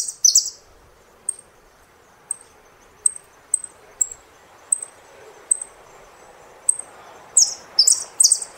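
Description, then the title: Saffron finch song: spaced high, thin chirps, building into a burst of louder, rapid sweeping notes at the end. "Jilguero Argentino"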